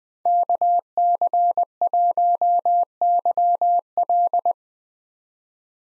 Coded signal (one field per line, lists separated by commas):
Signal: Morse code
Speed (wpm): 21 wpm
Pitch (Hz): 700 Hz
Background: none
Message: KC1YL